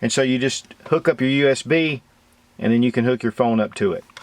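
A USB cable plug is being pushed into the port of a small portable battery pack to charge a phone. Someone talks through most of the clip, and two short sharp plastic hits come right at the end, near 4.2 and 4.3 seconds. The plug has not seated or clicked yet.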